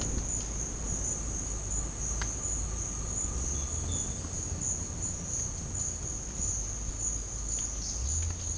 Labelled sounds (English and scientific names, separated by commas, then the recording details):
none
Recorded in dense forest near Puerto Asís, Putumayo, Colombia, on 20 December 2024 at 11:00
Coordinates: 0.481, -76.323
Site G100